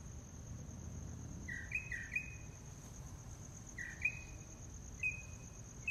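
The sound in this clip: Mockingbird song: a few slurred whistled notes near the same pitch, given in a short cluster then again after a pause, over a steady high insect whine and low rumble.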